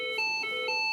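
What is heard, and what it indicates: Steady, high electronic two-tone alert from an automated external defibrillator, signalling that the flashing shock button should be pressed, sounded during a test scenario.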